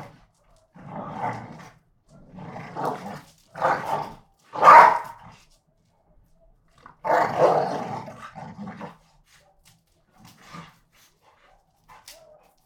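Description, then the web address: Pit bull: growls and snarls in rough bursts separated by pauses, the loudest snarl before the middle, later bursts fading to quiet grumbles. Two pit bulls fighting each other. "NS Studios - ultra sound collection animals dogs - Pit bull Tessa Pit bull Bahko"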